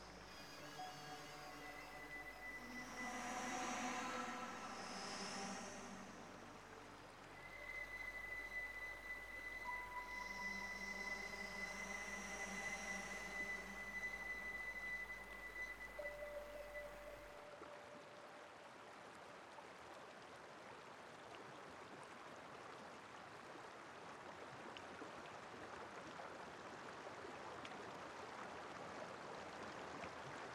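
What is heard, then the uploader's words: For the first seventeen seconds, sustained electronic tones and airy flute-like notes hang over a low hum, with bright shimmering swells near 4 and 11 seconds. Then the music drops away, leaving a dense, steady rush of flowing water to the end. The sounds of the Albanian Lengarica Canyon inspired me to create this piece where the gentle murmurs of the river intertwine harmoniously with the ethereal notes of a bass flute and electronic sounds, conjuring a tranquil ambiance. Lengarica Canyon reimagined by Carmen Terol.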